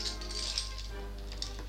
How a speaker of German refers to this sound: Gib Acht, was fällt da? Die goldene Kette ist entzwei gesprungen. Sie hat lang genug gehalten. Gib. Das war des Kaisers erste Gunst.